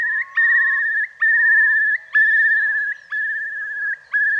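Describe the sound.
Curlew calling: long, slightly warbling whistled notes at a steady pitch, each starting with a sharp upward flick, with softer lower whistles overlapping.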